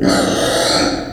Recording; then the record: squeal of a Yucatan mini pig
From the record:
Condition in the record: before surgery on the right vocal fold (resection and tissue-engineered implant); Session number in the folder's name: 3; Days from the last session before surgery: 0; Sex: female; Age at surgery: 19 weeks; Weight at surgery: 25 kg